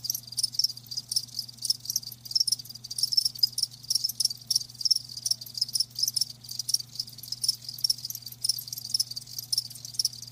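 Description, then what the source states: Cricket chorus of fast, high-pitched chirps pulsing continuously, a soft low hum underneath. Live crickets chirping, presented as a lulling sleep sound.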